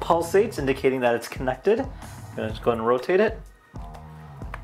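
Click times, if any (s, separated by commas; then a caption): 4.5 s. A plastic vitamin/electrolyte supplement pod is rotated into its slot in the base of a LifeFuels smart water bottle while someone talks over background music. A short click at 4.5 s marks the pod twist-locking and seating in place.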